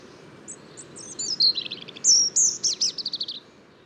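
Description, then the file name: European robin song: a thin, high warbled phrase of sliding whistles and quick trilled notes, with a brief pause and a second bright, rapid phrase. "Erithacus rubecula"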